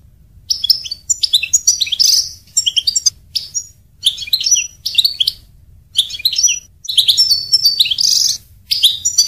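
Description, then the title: European goldfinch giving rapid tinkling twitters in clipped phrases about every second, high chirps mixed with buzzy notes, steady throughout. "Chant Chardonneret"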